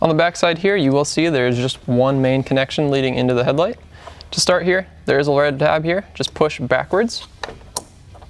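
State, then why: Released. Someone talks while pushing backwards on the red plastic locking tab of the main wiring connector on the back of a Morimoto XB headlight removed from a 2019+ Ram HD, to unlock the connector. Sharp clicks are heard at 7.4 s and 7.8 s as the tab clicks open, releasing the lock.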